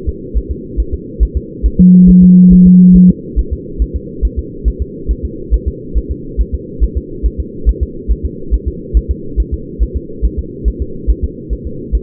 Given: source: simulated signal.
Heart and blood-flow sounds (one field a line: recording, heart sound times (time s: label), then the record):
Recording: fetal heart sounds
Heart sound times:
0.09 s: S2
0.37 s: S1
0.51 s: S2
0.80 s: S1
0.94 s: S2
1.23 s: S1
1.37 s: S2
1.66 s: S1
1.80 s: S2
2.09 s: S1
2.23 s: S2
2.53 s: S1
2.67 s: S2
2.96 s: S1
3.10 s: S2
3.39 s: S1
3.53 s: S2
3.82 s: S1
3.96 s: S2
4.25 s: S1
4.39 s: S2
4.68 s: S1
4.82 s: S2
5.11 s: S1
5.25 s: S2
5.54 s: S1
5.68 s: S2
5.97 s: S1
6.11 s: S2
6.41 s: S1
6.55 s: S2
6.83 s: S1
6.97 s: S2
7.26 s: S1
7.40 s: S2
7.69 s: S1
7.83 s: S2
8.11 s: S1
8.25 s: S2
8.54 s: S1
8.68 s: S2
8.97 s: S1
9.11 s: S2
9.40 s: S1
9.54 s: S2
9.83 s: S1
9.97 s: S2
10.25 s: S1
10.39 s: S2
10.68 s: S1
10.82 s: S2
11.10 s: S1
11.24 s: S2
11.53 s: S1
11.67 s: S2
11.95 s: S1
From the record:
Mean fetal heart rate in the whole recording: 140 bpm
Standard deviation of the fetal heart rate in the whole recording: 2 bpm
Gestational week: 34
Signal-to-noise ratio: -4.3 dB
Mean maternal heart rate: 72 bpm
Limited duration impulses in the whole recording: present